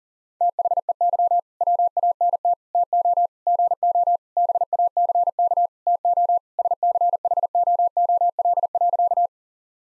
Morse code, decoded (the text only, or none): THEY WANT TO GO BACK TO SCHOOL.